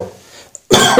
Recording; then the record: coughing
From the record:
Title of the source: Mid-morning Winter Coughing Fit